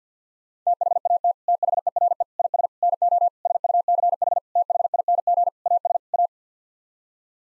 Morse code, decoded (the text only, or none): THAT THERE IS NO SUCH THING AS A